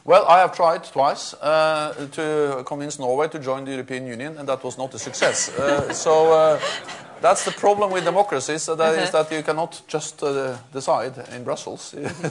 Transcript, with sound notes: Well, I have tried twice to convince Norway to join the European Union and that was not a success. [laughter] So that’s the problem with democracy, so there is that, you cannot just decide in Brussels.